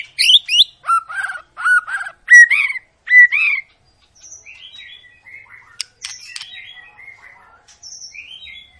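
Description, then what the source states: White-rumped shama song, loud repeated rising whistled phrases at first, then softer, scattered twittering notes. Long lure song of a White-rumped shama in full song, used to make birds sing.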